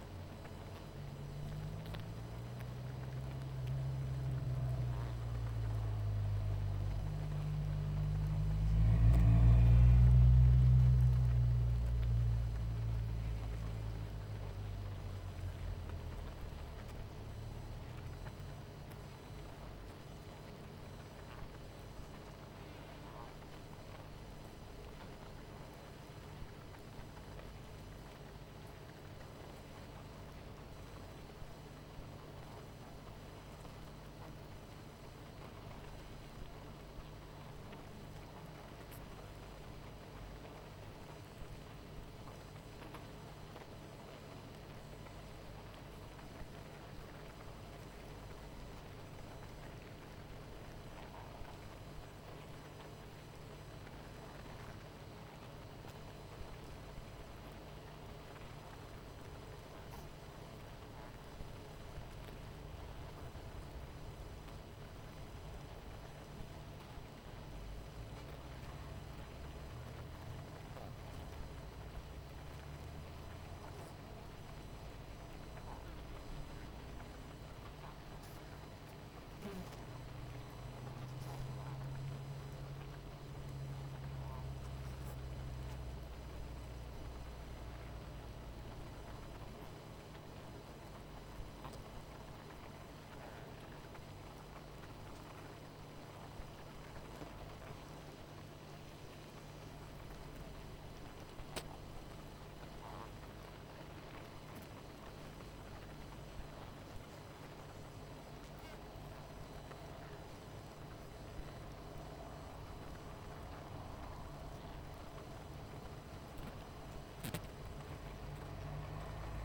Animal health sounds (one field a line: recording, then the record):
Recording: honeybee colony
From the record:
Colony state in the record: missing queen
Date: 14 July 2017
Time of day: 19:01